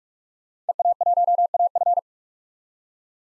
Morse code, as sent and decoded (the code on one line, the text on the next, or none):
. .- .---- .- ..-.
EA1AF